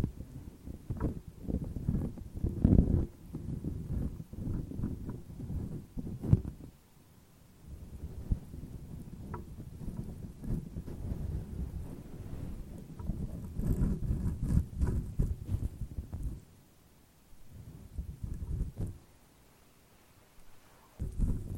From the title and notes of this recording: ASMR Brushing. Stroking the mic with the wind muff (intense).